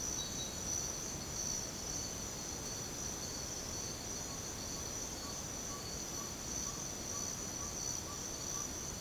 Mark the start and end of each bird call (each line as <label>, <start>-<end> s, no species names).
bird call, 5.31-9.00 s